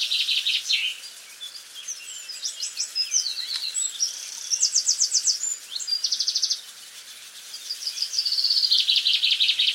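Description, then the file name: Eurasian wren singing a long, loud outpouring of fast trills, sharp chips and rattling runs, with a short lull partway through. "Troglodytes troglodytes"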